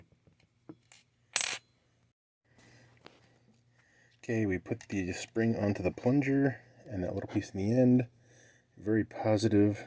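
A spring is pushed onto the metal plunger of a Glock 17 slide, and its little end piece snaps into the detent with a sharp metallic click at 1.4 s, after a few fainter ticks. Someone talks afterward. The spring is seated with a very positive detent that can be felt clicking in.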